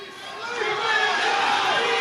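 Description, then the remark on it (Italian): A large crowd cheers enthusiastically for Donald Trump at his victory speech, a dense, sustained roar of many voices that swells slightly louder partway through and holds steady to the end. “Chissà se riesce a parlare dell'entusiasmo della folla.”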